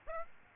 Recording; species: mosquito wingbeat signal from an infrared sensor; Aedes aegypti